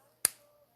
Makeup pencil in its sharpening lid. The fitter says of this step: there was our snap pull it out look brand new sharp again